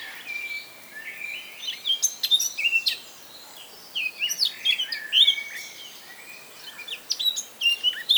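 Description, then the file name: Eurasian blackcap song: scratchy, twittering warbles in repeated short phrases over a steady background hiss. "Sylvia atricapilla"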